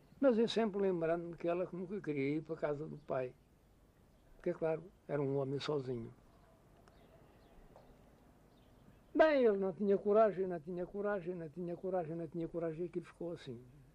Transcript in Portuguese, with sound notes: Mas eu sempre lembrando-me que ela que nunca queria ir para casa do pai, [pausa] porque, é claro, era um homem sozinho. [pausa] Bem, ele não tinha coragem, não tinha coragem, não tinha coragem, não tinha coragem, e aquilo ficou assim.